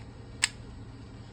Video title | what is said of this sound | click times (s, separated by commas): Using a repeater pipet | Hear that nice snap? | 0.4 s